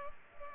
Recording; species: mosquito wingbeat signal from an infrared sensor; Culex pipiens